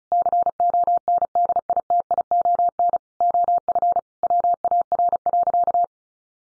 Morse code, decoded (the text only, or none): CONDITION OF WAR.